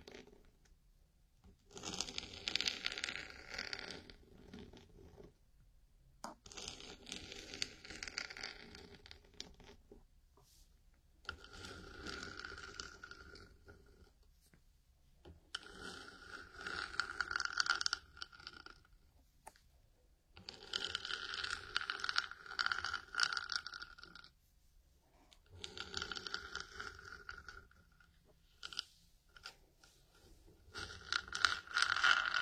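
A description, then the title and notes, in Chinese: Something is being rubbed against a hard object in repeated strokes, each lasting about two to three seconds with short silent gaps between them. The rubbing is a dry, scratchy, zipper-like scrape, fairly bright, with a faint steady tone running through the later strokes. 在硬硬的物体上摩擦。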